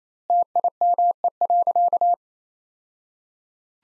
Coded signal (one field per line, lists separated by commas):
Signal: Morse code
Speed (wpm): 28 wpm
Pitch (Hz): 700 Hz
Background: none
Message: TIME.